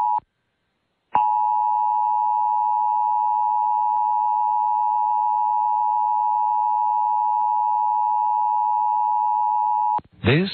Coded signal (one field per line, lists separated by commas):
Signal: Emergency Alert System (SAME) tones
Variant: 853 and 960 Hz attention tone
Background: speech